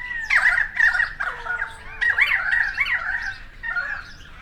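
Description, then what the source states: Currawong calls: harsh squawks and gliding whistled notes overlap from several birds, with a short sustained low whistle near the middle. Several currawongs, recorded 28 May 2013.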